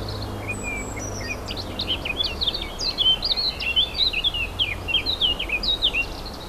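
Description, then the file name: Warbler singing a long, jumbled warble, quiet at first and then fuller, fast twittering notes over a low hum and hiss. Recorded 4 May 2011 on an MZ-N710 recorder. "fauvettes 4 05 11"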